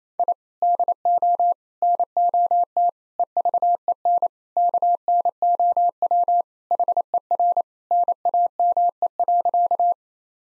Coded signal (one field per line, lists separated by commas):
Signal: Morse code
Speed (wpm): 28 wpm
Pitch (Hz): 700 Hz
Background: none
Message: I DO NOT EVEN KNOW HER NAME.